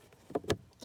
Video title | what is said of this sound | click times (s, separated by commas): 2014-2019 Kia Soul cabin air filter replacement . Very simple | it top and then pushing at the bottom and then it locks in place | 0.4 s, 0.5 s